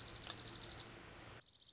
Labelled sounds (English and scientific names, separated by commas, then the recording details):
Dark-eyed Junco (Junco hyemalis)
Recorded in Sonoma County, California